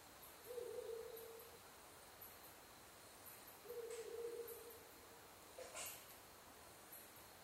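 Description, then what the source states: Ural Owl hoots: two long, steady low hoots about three seconds apart, with faint high clicks and a short noise after the second. Recorded 23 October 2011 at 17:20.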